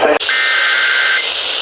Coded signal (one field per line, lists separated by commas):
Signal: Emergency Alert System (SAME) tones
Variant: header bursts